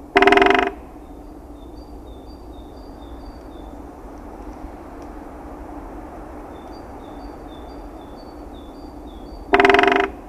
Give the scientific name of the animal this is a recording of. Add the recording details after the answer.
Dendrocopos major. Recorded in the wild. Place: Klein Süstedt, DE. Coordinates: 52.935, 10.4736. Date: 1970-03-24. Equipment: Uher Report 4200, AKG D190C in Doppel-Parabolreflektor. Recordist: Krey, Winfried. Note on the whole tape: Trommeln